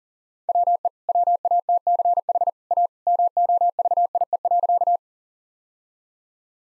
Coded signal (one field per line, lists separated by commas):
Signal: Morse code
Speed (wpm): 40 wpm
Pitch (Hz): 700 Hz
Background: none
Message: WE WATCH A MOVIE.